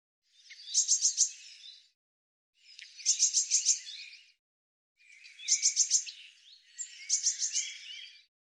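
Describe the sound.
Eurasian blue tit gives four harsh, rattling bursts of rapid high notes, each about one and a half seconds long, the first three separated by brief silences and the last two almost running together.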